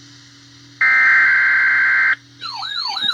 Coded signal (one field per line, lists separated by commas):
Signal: Emergency Alert System (SAME) tones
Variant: header bursts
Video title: EAS #45 - 46 Severe Thunderstorm Warning